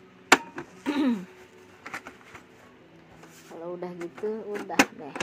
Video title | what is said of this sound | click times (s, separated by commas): Penyebab dan Cara Mengatasi Printer Berkedip (Nyala) serta Cara Membersihkan Catridge Kotor/Rusak | Black sebelah kanan Sampai bunyi klik | 0.3 s